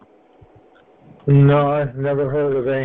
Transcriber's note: laughs